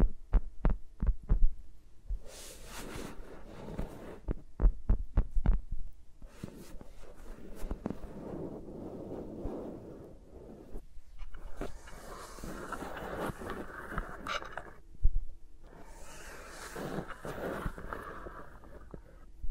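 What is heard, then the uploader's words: Fingers move around microphones with no talking, starting with quick bursts of sharp taps at the start and again near five seconds. Between them come soft, dense rubbing and brushing sounds, turning brighter and scratchier from about twelve seconds, under a low steady hum. ASMR with Mics Around My Fingers (No Talking).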